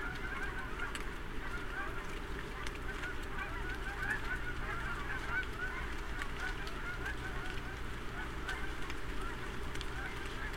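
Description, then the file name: Goose honks from several birds, a continuous overlapping chorus of nasal calls under a steady low rumble of background noise. Geese calling, recorded on 5 October 2008. "20081005 geese"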